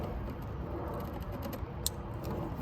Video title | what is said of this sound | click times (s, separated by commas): 🔧 DIY Step-by-Step Installing Team 1EV Morimoto LED Ditch Lights on 2022 Ford F150 Lightning Truck | make sure you hear it click and then the light two to the right okay | 1.9 s